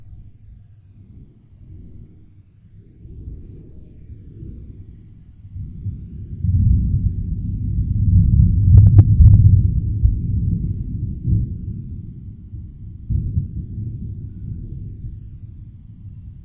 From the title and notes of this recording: 8D Distant Summer Thunder.